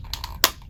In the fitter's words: Once you hear that click, you know that it's secure.